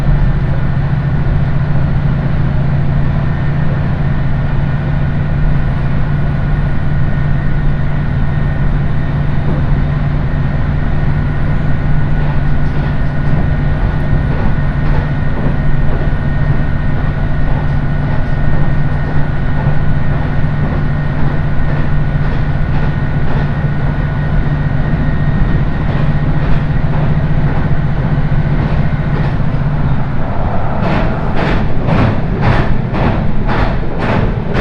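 A single-car railbus runs along the Ise Railway, its engine holding a steady low drone with a constant hum for about thirty seconds. Near the end the tone shifts and a fast, regular series of clicks appears, like wheels passing rail joints.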